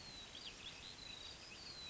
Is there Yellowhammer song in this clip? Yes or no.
no